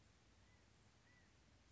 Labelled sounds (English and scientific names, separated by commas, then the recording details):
California Quail (Callipepla californica)
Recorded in Sonoma County, California